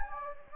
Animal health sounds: mosquito wingbeat signal from an infrared sensor; Anopheles gambiae

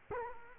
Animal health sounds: mosquito wingbeat signal from an infrared sensor; Culex quinquefasciatus

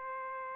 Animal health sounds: mosquito wingbeat signal from an infrared sensor; Aedes aegypti

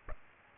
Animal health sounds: mosquito wingbeat signal from an infrared sensor; Aedes aegypti

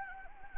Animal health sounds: mosquito wingbeat signal from an infrared sensor; Anopheles gambiae

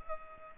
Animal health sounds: mosquito wingbeat signal from an infrared sensor; Culex pipiens

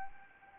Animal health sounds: mosquito wingbeat signal from an infrared sensor; Anopheles arabiensis

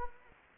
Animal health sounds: mosquito wingbeat signal from an infrared sensor; Anopheles gambiae

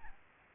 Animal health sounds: mosquito wingbeat signal from an infrared sensor; Aedes albopictus

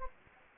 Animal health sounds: mosquito wingbeat signal from an infrared sensor; Anopheles gambiae

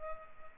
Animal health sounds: mosquito wingbeat signal from an infrared sensor; Culex pipiens

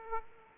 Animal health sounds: mosquito wingbeat signal from an infrared sensor; Aedes aegypti

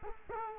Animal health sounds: mosquito wingbeat signal from an infrared sensor; Culex quinquefasciatus

